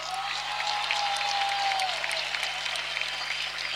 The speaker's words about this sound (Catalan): Un aplaudiment especial també per al grup …